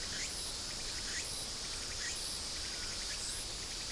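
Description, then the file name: Insect chorus of continuous high shrilling, punctuated by short chirping bursts about once per second. "mainly insect"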